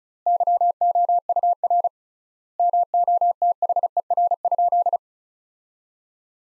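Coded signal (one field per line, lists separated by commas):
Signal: Morse code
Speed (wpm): 36 wpm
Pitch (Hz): 700 Hz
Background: none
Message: YOUR MOTHER?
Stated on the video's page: Practice sentences from the top 200 words at 35 wpm with 3x standard word spacing, a Farnsworth-like method for head-copy training.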